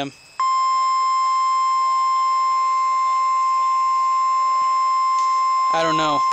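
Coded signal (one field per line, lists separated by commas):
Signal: Emergency Alert System (SAME) tones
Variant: 1050 Hz attention tone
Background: speech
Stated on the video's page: Real severe thunderstorm watch alert received on a Yaesu ham radio in a truck while storm chasing.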